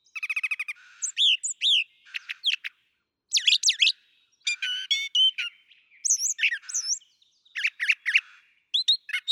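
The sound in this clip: Brown thrasher song opening with a rapid ticking trill, followed by a series of varied slurred whistles and harsh notes with short gaps.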